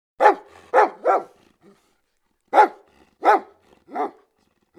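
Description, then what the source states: Dog barking: two groups of three barks separated by a short pause, then another bark at the end. Large dog barking with light snarling.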